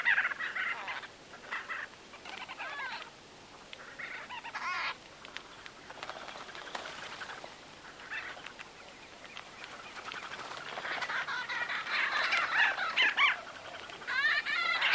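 White-fronted bee-eater calls: a dense chatter of rolling and squeaky notes that swells louder toward the end.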